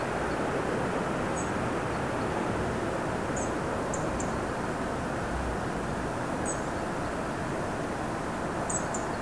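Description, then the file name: European robin uttering scattered high, thin call notes, single and in quick pairs every few seconds, beneath which a continuous low roaring noise persists. "Erithacus rubecula"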